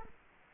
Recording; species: mosquito wingbeat signal from an infrared sensor; Culex quinquefasciatus